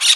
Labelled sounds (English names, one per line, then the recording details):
Brown-throated Parakeet contact call
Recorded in Curacao